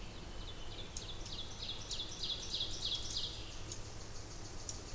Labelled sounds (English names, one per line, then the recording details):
Ovenbird song
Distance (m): 95 m
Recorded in boreal forest in Alberta, Canada, on 20 June 2016 at 08:27
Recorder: SongMeter 3, array SBT-6-81
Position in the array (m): 164 m, 195 m
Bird 25